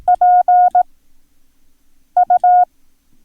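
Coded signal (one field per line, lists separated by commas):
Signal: Morse code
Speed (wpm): 18 wpm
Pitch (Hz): 720 Hz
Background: none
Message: PU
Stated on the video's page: Morse code lesson teaching the letters Q, Y, P and X.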